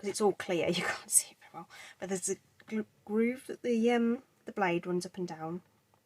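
Someone talks about the clear plastic cutting arm of a paper trimmer, which clamps down onto the trimmer base to hold card stock in place, with a groove the blade runs up and down. Only speech is heard, with a faint tick near the end. Nothing has seated or clicked yet.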